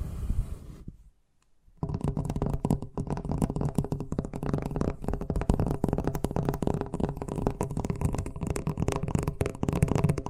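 Fast tapping, a dense and rapid stream of clicks and knocks that runs steadily from about two seconds to the end. A brief burst of sound opens the clip, followed by a second of near silence. The taps carry a solid low thud under bright clicking tops.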